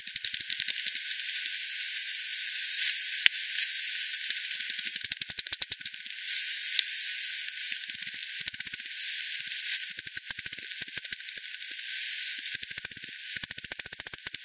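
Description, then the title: Bat echolocation calls, frequency-divided into rapid dry ticks arriving in dense bursts with short quiet gaps, over steady faint hiss. Multiple bats at Hogsmill River, Hogsmill Lane, 7 October 2020, 18:10 UTC; recorded via frequency division by ten, bandpass filtered, resampled. "WW bat 20201007 T 18 : 10 Z-Hogsmill-Lane-Hogsmill-River-multiple-bats"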